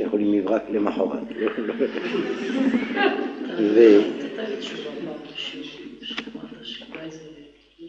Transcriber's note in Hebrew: צחוק